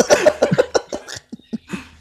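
An adult man gives a rapid string of about nine harsh cough bursts, loud and close together at first, then fading into a few weaker, spaced coughs. This is coughing after choking on a bite of very dry pecan pie, the throat working to clear the airway.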